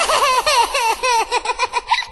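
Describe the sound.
A baby giggles and babbles in a quick run of high, bright bursts, the little laughs rising and falling in pitch with short breaths between them.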